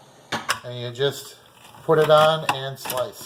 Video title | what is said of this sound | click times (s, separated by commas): Surf and Turf | you'll hear it click when it goes in and | 0.3 s, 0.5 s